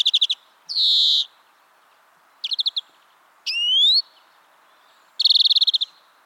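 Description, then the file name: European greenfinch calls: rapid twittering chirp runs alternating with long buzzy wheezes, including one rising, whining note, ending in a fast rattling trill. "Chloris chloris"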